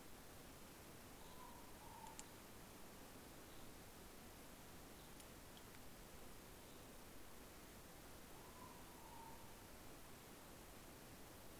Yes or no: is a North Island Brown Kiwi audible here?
no